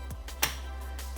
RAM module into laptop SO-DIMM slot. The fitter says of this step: đơn giản là những gì chúng tôi phải làm là thấp hơn nó, cho đến khi bạn nghe thấy tiếng click